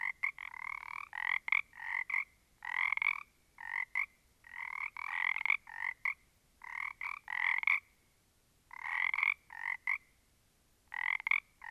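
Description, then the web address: Several frogs trading raspy, pulsed croaks in short bursts, with a longer quiet gap partway through. A small group of frogs. "static audio olofonia Small Group of Frogs"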